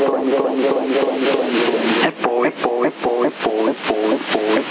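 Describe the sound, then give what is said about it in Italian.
A band-limited CB radio voice in Sassari, counting, repeats in quick, evenly spaced digital echoes from an echo unit set to fast speed, the repeats stacking into a rapid stuttering rhythm that turns into distinct pulsing bursts about twice a second. “No, c'è di buono che non ti sporca la modulazione, è pulito, la ripetizione, non è un buon eco, c'è un bel eco digitale, non è quelli che ti modificano le tonalità, è uguale e ti fa bella ripetizione”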